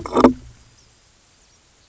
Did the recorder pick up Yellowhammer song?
no